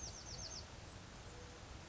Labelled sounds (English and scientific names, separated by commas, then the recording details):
Bewick's Wren (Thryomanes bewickii)
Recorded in Sonoma County, California